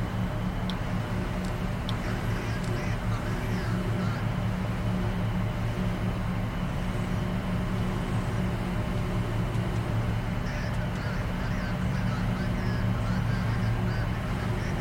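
Shuttle cabin ambience: a steady, dense low rumble and engine hum hold constant throughout, with faint murmuring voices mixed into the drone. Brief soft clicks and small rattles surface now and then, especially around the first second and near the eleventh.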